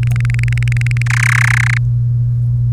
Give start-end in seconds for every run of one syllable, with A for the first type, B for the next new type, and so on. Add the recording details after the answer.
0.03-1.02 A, 1.06-1.77 B. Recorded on 1 May 2018 at 18:11. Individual llb3